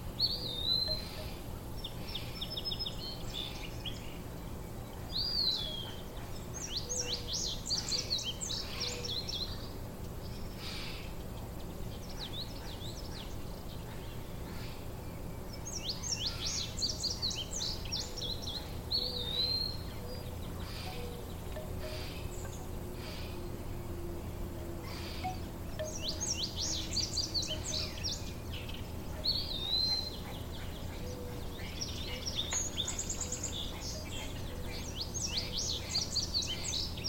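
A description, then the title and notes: Birds chirp and trill in quick bursts every few seconds, high and bright, over a steady low rumble that runs the whole time. Thin clicking touches dot the gaps, and a soft drawn-out tone slides through around the middle. A Summer Day in the Midwest with Hummingbirds & Bamboo Chimes. The cheerful hum of hummingbirds flitting from flower to flower, their tiny wings creating a delicate melody. The bamboo chimes hanging on the porch sway gently in the breeze, producing a soothing, rhythmic tinkling that blends seamlessly with the natural orchestra. Mourning doves coo in the distance.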